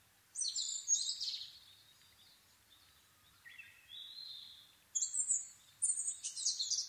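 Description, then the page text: Asian brown flycatcher song, high twittering phrases mixing scratchy trills and thin level whistles, repeated after short gaps. Nikko, Japan, 26 April 2011 at 4:39, altitude 730 m; Sony PCM-D50 with Panasonic WM-61A microphone. "kosamebitaki 20110426-0439. Muscicapa dauurica [Sounds -Nikko Today-]. 4/ 26 2011, 4:39 alt=730m"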